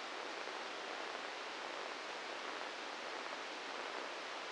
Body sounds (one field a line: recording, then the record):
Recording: brain microelectrode recording played as sound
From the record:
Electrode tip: inside the subthalamic nucleus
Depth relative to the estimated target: -1 mm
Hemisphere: right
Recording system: NeuroSet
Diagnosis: Parkinson's disease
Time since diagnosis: 10 years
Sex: male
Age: 56 years